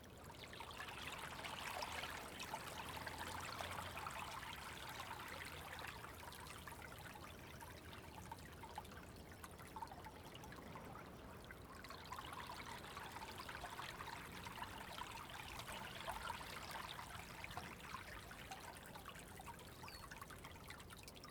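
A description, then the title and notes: Water trickles and laps at the edge of a tidal pool as it slowly fills, a steady dribble with bright splashy detail. The level stays even throughout, with small irregular gurgles and drips and a low rumble of sea beneath. Went to the beach, sat watching the waves as the Sun rose. Tynemouth Outdoor Pool. The edge of the water slowly filling the long-abandoned tidal lido.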